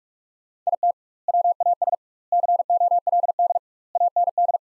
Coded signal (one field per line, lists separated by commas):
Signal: Morse code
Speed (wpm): 48 wpm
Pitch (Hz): 700 Hz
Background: none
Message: IT WAS COLD AND